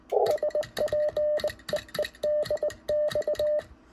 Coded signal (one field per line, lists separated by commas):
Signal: Morse code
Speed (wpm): 20 wpm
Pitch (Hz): 600 Hz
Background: none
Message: SPEEDX